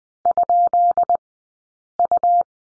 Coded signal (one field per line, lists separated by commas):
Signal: Morse code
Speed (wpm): 20 wpm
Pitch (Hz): 690 Hz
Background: none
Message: ?U